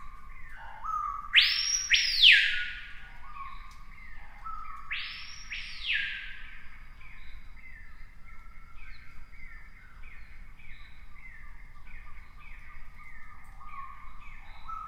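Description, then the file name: Screaming piha with two loud, arching whistled notes early on, then a long run of rapid, repeated chirps in the background. "piha bird scream"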